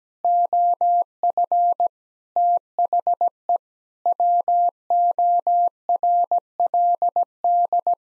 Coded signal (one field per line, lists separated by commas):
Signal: Morse code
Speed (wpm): 17 wpm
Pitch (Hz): 700 Hz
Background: none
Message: OF THE WORLD